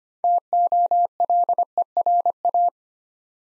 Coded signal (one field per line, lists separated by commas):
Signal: Morse code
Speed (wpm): 25 wpm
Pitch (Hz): 700 Hz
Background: none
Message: TOLERA